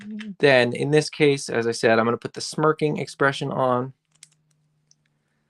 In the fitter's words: so that just pops right in